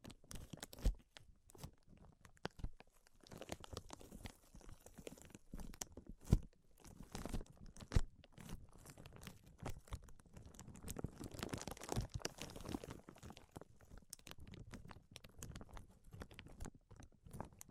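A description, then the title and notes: Dense, uneven scratching and tracing with crinkly, crunchy texture, punctuated by sharp taps near 1, 6 and 8 seconds. Tapping, Scratching, and Tracing Sounds.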